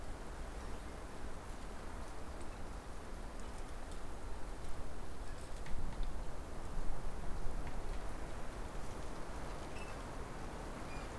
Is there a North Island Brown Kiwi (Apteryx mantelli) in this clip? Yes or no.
no